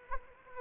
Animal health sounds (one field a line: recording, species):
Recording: mosquito wingbeat signal from an infrared sensor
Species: Anopheles arabiensis